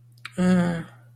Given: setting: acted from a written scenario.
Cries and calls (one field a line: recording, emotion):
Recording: vocal sound without words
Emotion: fear